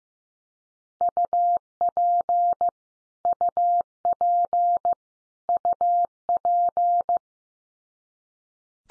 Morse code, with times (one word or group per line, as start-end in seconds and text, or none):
1.0-2.7 UP
3.2-4.9 UP
5.5-7.2 UP